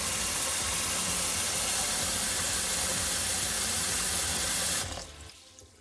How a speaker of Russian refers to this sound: Так это все дело выглядит. Телефон мы погрузили успешно под воду. Теперь мы можем его достать.